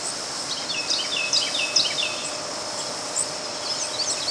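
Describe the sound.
Louisiana waterthrush song: a faint run of slurred chipping notes in the first two seconds, over a steady insect-like hiss, with a few faint high chirps later.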